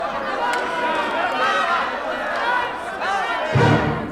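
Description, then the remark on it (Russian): A noisy, laughing costumed crowd of artists, poets, grisettes and models bursts into an attic, carrying the carnival king, Count René of Luxembourg. Many excited voices chatter and shout over each other at a steady loud level, and a heavy thump lands near the end. “В мансарду с хохотом врывается веселая костюмированная толпа художников, поэтов, гризеток, натурщиц.”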